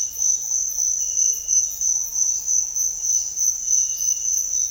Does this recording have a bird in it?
no